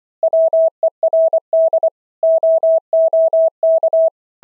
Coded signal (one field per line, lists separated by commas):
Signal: Morse code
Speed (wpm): 36 wpm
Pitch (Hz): 660 Hz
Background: none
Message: WERD OOK